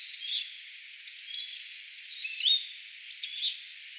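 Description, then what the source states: Eurasian siskin giving two clear, high, descending whistled calls about a second apart, with fainter chirps around them and constant hiss. Several siskins flying around, recorded on 18 April 2025.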